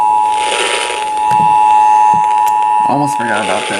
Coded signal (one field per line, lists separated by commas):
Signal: Emergency Alert System (SAME) tones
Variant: 853 and 960 Hz attention tone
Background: speech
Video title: First Monthly Test of 2024 - Florida Required Monthly Test for January 2024 (1/19/24) (New EAS 336)